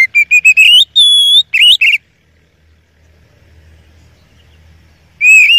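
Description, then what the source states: Oriental magpie-robin song: short rising whistles in quick succession, a long steady high whistle and a few more notes, then a pause before another whistled phrase begins. Masteran training song of a first-place champion kacer.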